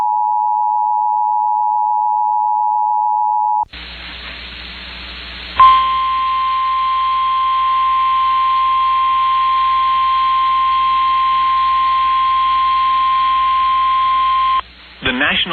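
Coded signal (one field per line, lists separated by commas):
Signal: Emergency Alert System (SAME) tones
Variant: 853 and 960 Hz attention tone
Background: speech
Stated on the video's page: Personal captures of real EAS alerts during a severe weather event in the South.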